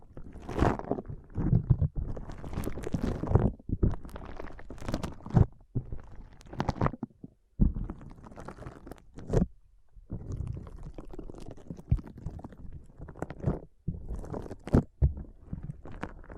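Foam is squeezed and rubbed in uneven bursts of soft crackling and squishing, with sharp louder pops scattered throughout and brief quiet pauses.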